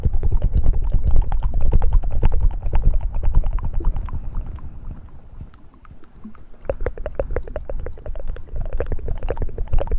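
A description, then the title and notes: Mouth sounds: a fast, dense run of sharp tongue clicks and pops, rather like hooves clopping, over a low rumbling undertone. The clicking thins and quiets around five to six seconds, then picks up again just as busy to the end. ASMR Best Mouth Sounds.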